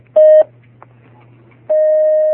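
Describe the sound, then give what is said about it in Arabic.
A telephone line connecting for a caller's question on a phone-in fatwa program with Sheikh Abdul-Karim al-Khudair: a short, steady electronic tone, a pause filled with a faint low hum, then the same mid-pitched tone returns and holds. No one speaks. “نأخذ المكالمة الأولى أخي الكريم.”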